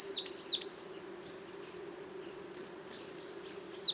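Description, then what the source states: Coal Tit giving two high, quick notes at the start, then faint thin whistles, and one more note at the end, over a low steady drone. Small chorus of coal tits in autumn, forest of Val Drôme at La Sarcena, 26 October 2018, sunny morning, half an hour after daybreak.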